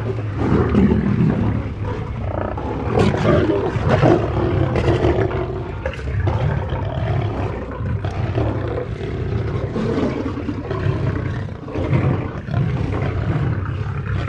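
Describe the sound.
Lion giving sustained deep, growling roars, a continuous low rumble with rough texture.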